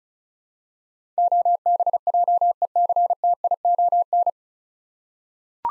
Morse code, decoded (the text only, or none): OBJECTION